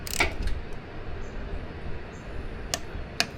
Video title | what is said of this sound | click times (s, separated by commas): Milwaukee 8, 3 hole oil change. | That's the click. We're done. | 3.2 s